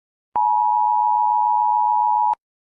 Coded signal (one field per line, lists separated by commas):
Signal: Emergency Alert System (SAME) tones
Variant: 853 and 960 Hz attention tone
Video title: NORTHERN AMERICAN EAS ALARMS (SPECIAL)